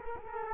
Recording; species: mosquito wingbeat signal from an infrared sensor; Culex quinquefasciatus